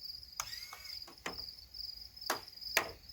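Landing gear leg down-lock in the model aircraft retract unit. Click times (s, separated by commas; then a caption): 0.4 s. A model plane's retractable landing gear leg with oleo struts is raised. The down-lock in the retract unit releases with a sharp click at 0.4 s before the leg swings up, and several more clicks and knocks follow over a steady high insect-like chirping. No one talks.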